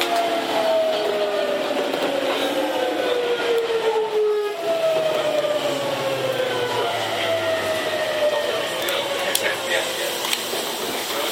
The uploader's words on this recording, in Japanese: 東急7700系 蒲田→五反田。東急7700系（7001F）蒲田→五反田。